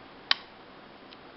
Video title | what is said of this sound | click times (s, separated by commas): Breakdown and cleaning of the Phoenix Arms HP22A | you hear a click so I'm going to be quiet for now and here if you hear if you hear that click alright | 0.3 s